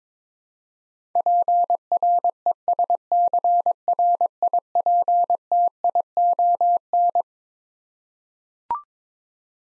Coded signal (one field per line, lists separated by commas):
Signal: Morse code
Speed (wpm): 22 wpm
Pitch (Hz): 700 Hz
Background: none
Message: PRESCRIPTION